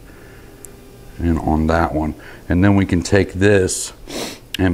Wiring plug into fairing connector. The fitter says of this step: That one I had a little audible click,